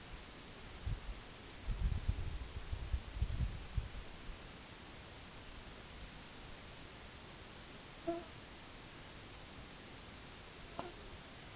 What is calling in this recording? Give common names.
none